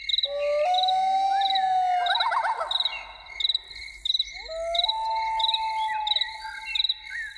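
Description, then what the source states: Loon wailing: a long, mournful note stepping upward, a brief quavering tremolo, then a second sustained wail, over a steady pulsing chorus of insects. Loons in the evening.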